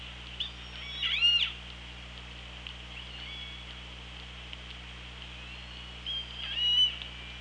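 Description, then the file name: Orca calls: two clear harmonic calls, one early and one near the end, over a constant low hum and background hiss. Recorded on the OrcaLab hydrophone on 24 August 2017 at 16:32. "Orca Lab UTLN JASON 20170824 163210"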